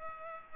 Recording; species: mosquito wingbeat signal from an infrared sensor; Culex pipiens